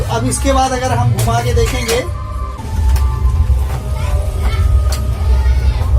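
Someone talks over background music and a steady low hum while a toner hopper unit for a Canon IR 2270, IR 2870, IR 3235 or IR 4570 copier is handled for rotating into its photocopier holder, where it should lock into place. No sudden sounds stand out, and nothing has locked or seated yet.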